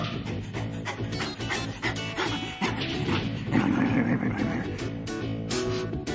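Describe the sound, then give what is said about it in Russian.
A hunting dog barks and yelps in a rapid, repeated series as it roams a swamp and approaches, with hunters surrounding the swamp amid smoke; the sharp calls ride over a dense, steady wash of background sound that stays loud throughout. “Дым, дым, страшные собаки, которые рыщут по болоту. Одна приближается ко мне.”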